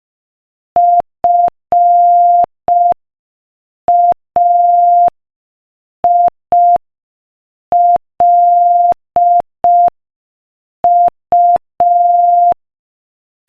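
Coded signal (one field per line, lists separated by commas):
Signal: Morse code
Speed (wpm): 5 wpm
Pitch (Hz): 700 Hz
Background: none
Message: FAILU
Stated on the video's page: Morse code practice at 5 wpm.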